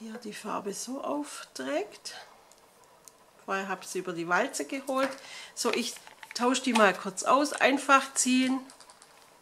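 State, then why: Not seated. Someone talks while handling a paint roller, swapping the roller on its handle by pulling the old one off and starting to push the new one on; a few faint clicks and taps sound between the speech. Nothing has seated or clicked yet when the clip ends.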